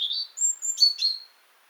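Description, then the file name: European robin giving a brief silvery phrase: a rising warble, a very high thin whistle, then quick descending twitters, fading to quiet. "Erithacus rubecula"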